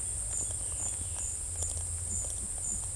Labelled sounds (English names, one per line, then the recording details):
none
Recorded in secondary vegetation near Puerto Asís, Putumayo, Colombia, on 16 December 2024 at 11:30
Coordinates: 0.481, -76.318
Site G042